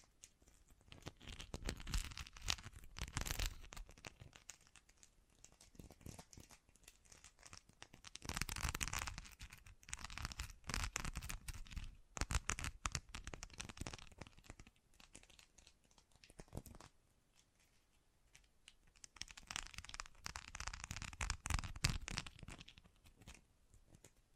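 Bracelets and jewelry boxes being handled, with dense bursts of crinkly, clattering rustle in waves around 2–4, 8–11, 12–14 and 19–23 seconds. Between the bursts come quieter stretches of light, scattered taps and small clicks. The sound is bright and gritty throughout.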